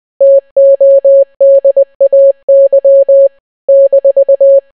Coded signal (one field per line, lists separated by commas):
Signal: Morse code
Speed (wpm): 20 wpm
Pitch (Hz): 550 Hz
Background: none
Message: TODAY -